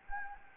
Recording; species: mosquito wingbeat signal from an infrared sensor; Anopheles gambiae